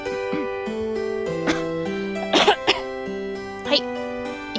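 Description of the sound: An adult woman coughs once, clearing her voice so that speaking becomes easier.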